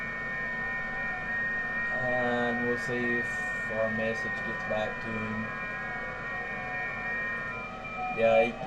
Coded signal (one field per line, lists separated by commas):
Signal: FT8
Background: speech